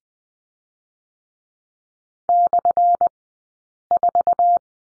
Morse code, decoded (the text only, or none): /4